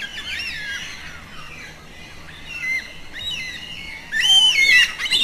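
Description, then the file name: Yellow-tailed black cockatoo calls: scattered thin chattering notes over a soft background, then a loud harsh, wavering call near the end, followed by a shorter burst. "Canto da cacatua funebre"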